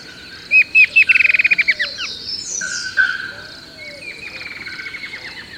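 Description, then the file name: Bird calling in a fast series of sharp repeated notes that speed up and drop slightly, followed by a softer rattling series, over a steady hiss of insects. "SABIOD 50 bird 2015"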